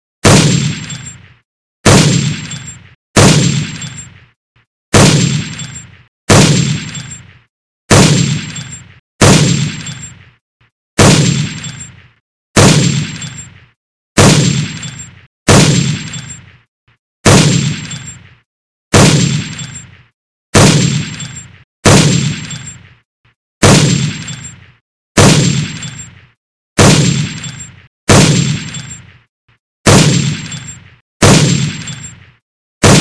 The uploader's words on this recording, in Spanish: El sonido de un rifle caliber 50.